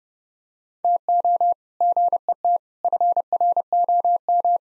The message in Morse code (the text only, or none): TO GET FROM